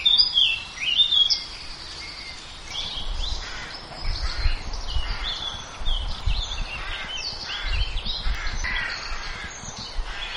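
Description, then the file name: Birds singing, a bright warbled phrase at the start followed by softer overlapping chirps against steady low background noise. "birdsong diversitree"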